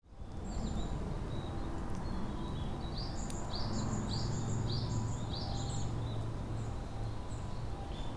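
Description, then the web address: Japanese tit song: a run of paired high, sharp notes repeated rapidly for several seconds, over a steady low rumble of background noise. Recorded on 2 May 2015. "kotorinomori 150502 kotori shijukara 150502"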